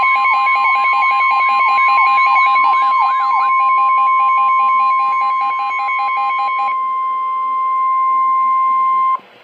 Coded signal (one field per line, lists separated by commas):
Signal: Emergency Alert System (SAME) tones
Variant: 1050 Hz attention tone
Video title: EAS #259,260 - Severe Thunderstorm Warning (DOUBLE HEADER)